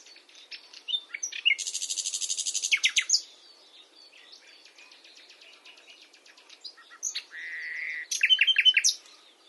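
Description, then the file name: Common nightingale song: varied phrases with a long buzzy rattle, sharp whistles, a sustained whistled note and rapid repeated notes, separated by quieter warbling. "Luscinia megarhynchos"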